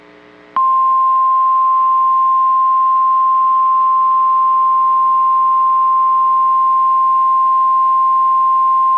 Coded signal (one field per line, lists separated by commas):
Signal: Emergency Alert System (SAME) tones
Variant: 1050 Hz attention tone